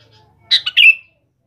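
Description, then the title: Sooty-headed bulbul sings a brief bubbly three-note phrase ending in a longer, slightly descending note; faint low background hum. "Kutilang"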